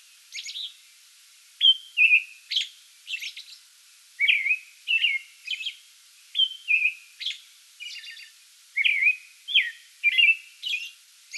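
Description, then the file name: American robin song: clear caroling whistled phrases mixed with high squeaky notes, delivered in quick groups with short pauses. Song bout recorded 8 May 2022. "2022-05-08 American Robin song bout"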